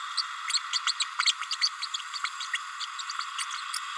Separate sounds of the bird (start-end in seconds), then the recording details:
0.17-0.22, 0.73-0.78, 0.86-0.92, 1.00-1.04, 1.25-1.32, 1.61-1.70, 2.53-2.58. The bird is a female. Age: 30 days. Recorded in a nest box in Venezuela. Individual 17B32A7